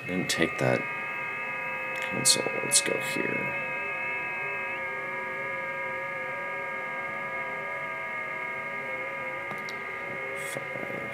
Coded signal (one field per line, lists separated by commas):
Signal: FT8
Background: speech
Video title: iFTX FT8 Setup and Operations on the QMX Transceiver